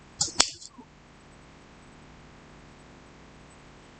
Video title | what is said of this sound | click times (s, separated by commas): Process and Procedure | this spring here must be pushed down to the end until a click sound can be heard | 0.4 s